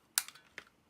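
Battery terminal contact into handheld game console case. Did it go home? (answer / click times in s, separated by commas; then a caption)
yes / 0.2 s. A replacement metal battery terminal contact is pressed into the plastic case of a Game Boy DMG Classic handheld console, bought broken for $7 from Craigslist and repaired because it doesn't turn on. A sharp bright click at 0.2 s shows the contact seating, followed by a fainter tick at 0.3 s, a second softer click at 0.6 s and a faint tick at 0.7 s. The contact is confirmed seated in the case.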